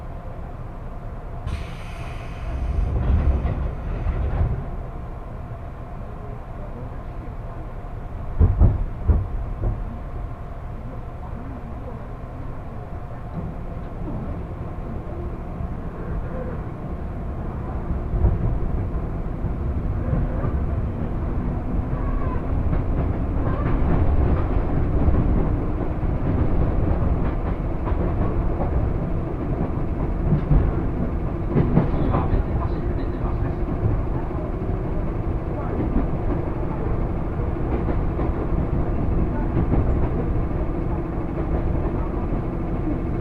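A railway journey on a Japanese commuter line: a steady low rumble of the train running, with a brief bright hiss near the start and sharp clanks around eight and thirty seconds. The rumble swells and roughens after twenty seconds.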